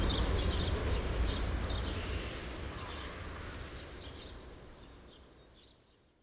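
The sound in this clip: True sparrow chirping in quick scattered notes while a low background rumble fades away toward the end.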